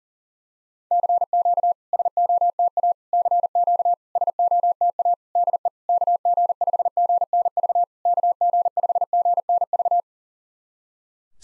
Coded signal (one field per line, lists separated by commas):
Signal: Morse code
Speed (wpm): 40 wpm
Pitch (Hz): 700 Hz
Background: none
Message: CQ SOTA CQ SOTA DE KG5GNV KG5GNV